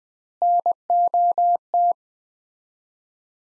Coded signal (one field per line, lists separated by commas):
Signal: Morse code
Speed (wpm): 20 wpm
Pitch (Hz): 700 Hz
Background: none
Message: NOT